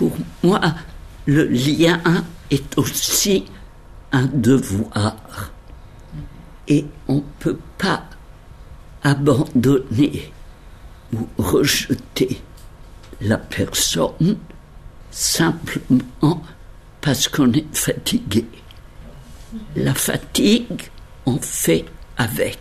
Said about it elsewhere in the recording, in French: J'ai un défaut des cordes vocales. Je suis très vieille.